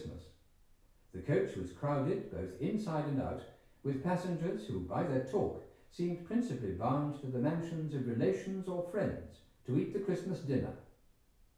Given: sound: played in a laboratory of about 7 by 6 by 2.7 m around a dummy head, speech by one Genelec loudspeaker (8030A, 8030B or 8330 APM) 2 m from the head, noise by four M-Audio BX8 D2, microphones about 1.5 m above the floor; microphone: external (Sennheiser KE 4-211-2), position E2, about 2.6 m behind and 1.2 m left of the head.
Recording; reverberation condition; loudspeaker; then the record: male speech in English; medium; 150 degrees to the right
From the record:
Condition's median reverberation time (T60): about 510 ms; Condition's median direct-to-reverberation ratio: about -0.5 dB